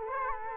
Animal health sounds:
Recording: mosquito wingbeat signal from an infrared sensor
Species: Culex quinquefasciatus

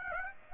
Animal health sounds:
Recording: mosquito wingbeat signal from an infrared sensor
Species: Aedes aegypti

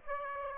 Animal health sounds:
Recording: mosquito wingbeat signal from an infrared sensor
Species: Aedes aegypti

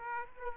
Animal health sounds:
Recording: mosquito wingbeat signal from an infrared sensor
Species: Aedes aegypti

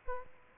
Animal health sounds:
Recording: mosquito wingbeat signal from an infrared sensor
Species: Aedes aegypti

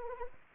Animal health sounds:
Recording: mosquito wingbeat signal from an infrared sensor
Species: Anopheles arabiensis

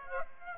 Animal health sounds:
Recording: mosquito wingbeat signal from an infrared sensor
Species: Aedes aegypti

